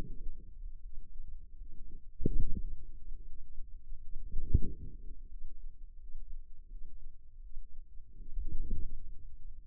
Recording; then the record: forearm muscle sounds (acoustic myography)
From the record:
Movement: wrist flexion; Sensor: system 2, bracelet of six BSWA MPA416 microphones around the upper forearm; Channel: 5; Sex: female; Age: 23 years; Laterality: right